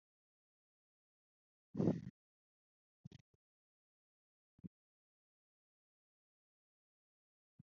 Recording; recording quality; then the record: shallow breathing; excellent, no background noise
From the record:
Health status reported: healthy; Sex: female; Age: 26 years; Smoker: yes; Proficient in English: yes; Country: India